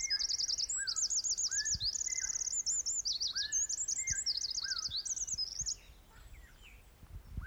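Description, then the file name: Eurasian wren delivering a long burst of fast, shrill rattling trills and chirps, accompanied by a second bird's repeated lower falling whistles. "Troglodytes troglodytes"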